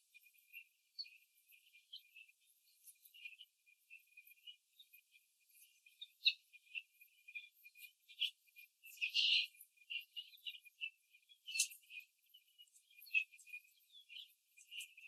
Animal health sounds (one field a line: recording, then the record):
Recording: young laying hens in a cage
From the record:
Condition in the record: after the stressor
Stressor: simulated dog barking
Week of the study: 3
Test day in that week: 1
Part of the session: 1